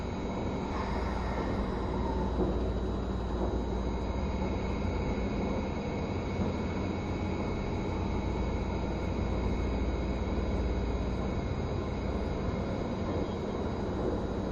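A vehicle's running noise: a dense, unbroken rumble weighted toward the low end, holding an even level for the whole fifteen seconds. Faint, thin whining tones sit steadily above it, with a slight shift in texture near the two-second mark.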